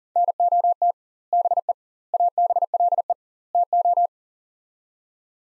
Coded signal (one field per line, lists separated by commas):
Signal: Morse code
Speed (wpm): 40 wpm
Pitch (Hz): 700 Hz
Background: none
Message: NOT BE ABLE TO